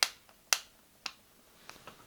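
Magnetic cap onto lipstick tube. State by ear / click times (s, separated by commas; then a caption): seated / 0.0 s, 0.5 s, 1.1 s. A weighty magnetic cap is closed repeatedly onto an Omar Beauty lipstick tube, giving sharp, bright magnetic clicks at 0.0, 0.5 and 1.1 seconds. Fainter ticks follow near 1.7 and 1.9 seconds, and each time the cap seats shut.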